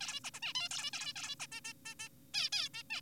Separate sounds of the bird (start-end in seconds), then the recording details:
0.01-0.20, 0.24-0.30, 0.34-0.40, 0.42-0.53, 0.55-0.69, 0.71-0.91, 0.93-1.13, 1.16-1.35, 1.40-1.47, 1.52-1.60, 1.65-1.73, 1.86-1.95, 2.00-2.09, 2.34-2.50, 2.52-2.69, 2.74-2.83, 2.90-3.01. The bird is an adult. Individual g4p5U